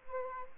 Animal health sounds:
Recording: mosquito wingbeat signal from an infrared sensor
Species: Aedes albopictus

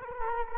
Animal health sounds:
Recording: mosquito wingbeat signal from an infrared sensor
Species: Culex quinquefasciatus

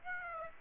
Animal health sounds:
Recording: mosquito wingbeat signal from an infrared sensor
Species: Aedes aegypti

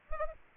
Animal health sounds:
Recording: mosquito wingbeat signal from an infrared sensor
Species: Anopheles arabiensis

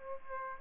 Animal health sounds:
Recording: mosquito wingbeat signal from an infrared sensor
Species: Aedes aegypti

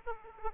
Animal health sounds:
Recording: mosquito wingbeat signal from an infrared sensor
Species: Aedes aegypti

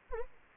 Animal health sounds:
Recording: mosquito wingbeat signal from an infrared sensor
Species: Anopheles arabiensis

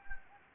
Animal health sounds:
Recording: mosquito wingbeat signal from an infrared sensor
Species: Anopheles gambiae

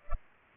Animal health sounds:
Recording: mosquito wingbeat signal from an infrared sensor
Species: Culex pipiens

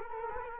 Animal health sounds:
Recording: mosquito wingbeat signal from an infrared sensor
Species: Culex quinquefasciatus

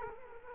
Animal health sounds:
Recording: mosquito wingbeat signal from an infrared sensor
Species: Culex quinquefasciatus

